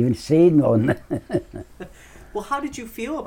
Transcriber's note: laughs